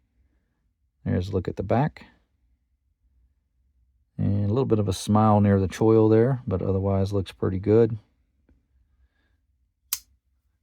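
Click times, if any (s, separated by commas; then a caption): 9.9 s. Someone talks for most of the clip, then the blade of a Buck 110 Magnacut Stealth Run 05 lockback folding pocket knife is opened. The spring-loaded lock bar gives a single sharp click at 9.9 s as it drops into the notch at the back of the blade. The blade locks open with no side-to-side or up-and-down wobble.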